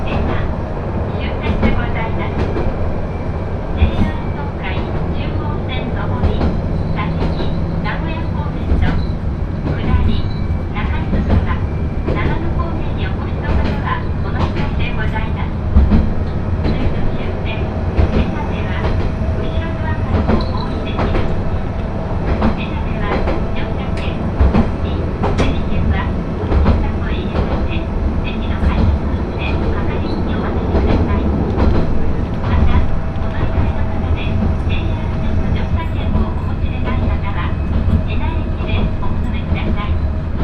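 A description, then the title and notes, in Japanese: Inside a crowded one-car railbus, a steady low rumble of the running train underlies constant overlapping chatter, with brief knocks and clatters throughout. 明知鉄道 明智→恵那。１両のレールバスは子供連れや高校生もいるなど一杯で予想外のにぎわいでした。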